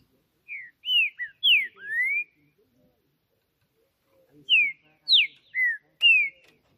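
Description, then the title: Green-winged saltator song given twice, each a string of four or five clear whistled, slurred notes that mostly fall, separated by a quiet pause. Singing on a roof in a singing contest, described as competing and showing male dominance behaviour. "Trinca Ferro CANTANDO MUITO de CARA em CIMA do TELHADO! Disputa INSANA!! TRINCA JUSTICEIRO & FBI"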